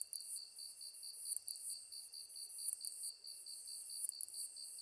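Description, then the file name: Katydid song, high hissing bursts with a sharp tick at regular intervals, over a steady pulsing insect trill and a faint continuous tone. Recorded 23 August 2010 at 21:33. "ezotuyumusi 20100823-2133"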